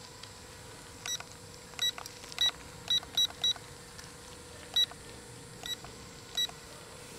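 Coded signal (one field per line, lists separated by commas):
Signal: none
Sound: toy drone control beeps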